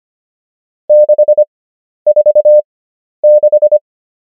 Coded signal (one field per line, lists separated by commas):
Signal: Morse code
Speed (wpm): 25 wpm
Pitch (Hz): 600 Hz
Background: none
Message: 646